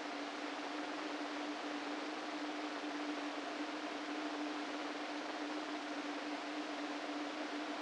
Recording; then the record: brain microelectrode recording played as sound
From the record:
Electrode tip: inside the subthalamic nucleus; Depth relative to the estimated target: -2 mm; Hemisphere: right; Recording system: NeuroSet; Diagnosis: Parkinson's disease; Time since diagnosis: 13 years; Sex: male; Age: 49 years